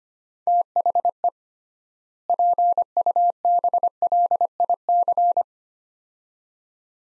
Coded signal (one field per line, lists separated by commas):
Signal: Morse code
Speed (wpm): 25 wpm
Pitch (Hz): 700 Hz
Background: none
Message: THE PUBLIC